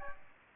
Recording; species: mosquito wingbeat signal from an infrared sensor; Aedes aegypti